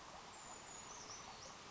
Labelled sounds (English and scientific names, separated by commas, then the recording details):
Brown Creeper (Certhia americana)
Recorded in Sonoma County, California